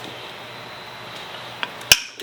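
A 14 mm wrench, extended with a jack-handle bar, is struck on a seized steel exhaust manifold bolt in the engine head on a turbo manifold, over a steady low hum. A small metallic tap at 1.6 s is followed by a sharp, loud click at 1.9 s and a faint knock at 2.2 s. The bolt breaks loose and is released at the 1.9 s click.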